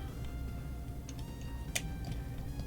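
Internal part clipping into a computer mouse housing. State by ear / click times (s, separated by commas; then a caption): not seated / none. An internal part with a plastic clip is handled inside the housing of a Corsair Glaive computer mouse during a repair for a double-click fault. A few faint, brief ticks of handling sound over a steady low background hum, the sharpest around 1.8 s. Nothing has seated or clicked into place yet.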